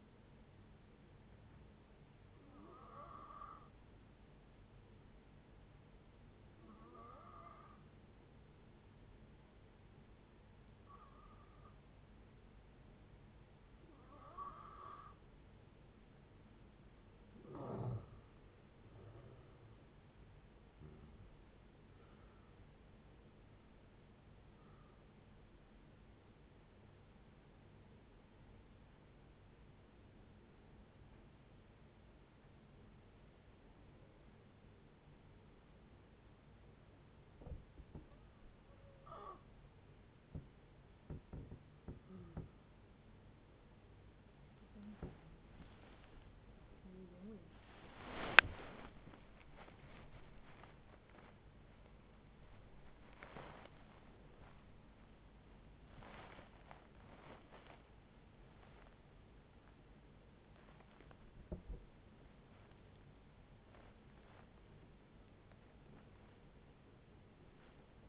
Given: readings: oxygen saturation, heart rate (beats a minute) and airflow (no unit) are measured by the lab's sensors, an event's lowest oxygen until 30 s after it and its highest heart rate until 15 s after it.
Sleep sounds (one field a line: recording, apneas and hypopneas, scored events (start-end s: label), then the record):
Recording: breathing in sleep by a voice recorder at the bedside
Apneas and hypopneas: 2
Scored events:
3.00-18.10 s: hypopnea (N2, oxygen 95% highest, then 85% lowest, heart rate 58 at the start, 81 highest)
14.00-44.00 s: new sleep stage, N1 (lightest sleep)
27.00-42.60 s: hypopnea (N1, oxygen 92% highest, then 91% lowest, heart rate 81 at the start, 81 highest)
44.00-68.09 s: new sleep stage, awake
45.00-68.09 s: awake
From the record:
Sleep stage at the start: N2 (light sleep)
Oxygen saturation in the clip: 85 to 96%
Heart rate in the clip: 43 to 90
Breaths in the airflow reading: 15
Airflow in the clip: -11.9 to 14.5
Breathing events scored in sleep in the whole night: 496 in 5.4 hours asleep